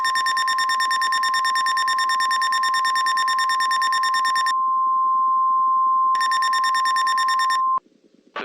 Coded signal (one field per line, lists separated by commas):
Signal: Emergency Alert System (SAME) tones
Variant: 1050 Hz attention tone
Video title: EAS Scenario Special - Radioactive Queen II